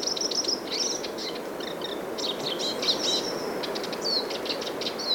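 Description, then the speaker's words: Eurasian siskin song: soft, fast high twitters and short whistled slurs running continuously, under a constant background hiss. Male singing quietly from a small spruce tree near a lake in Tyresta National Park, Sweden, in winter; recorded with a parabola. "Not far away from the great tit, I found this wonderful Eurasian siskin, a male bird in song."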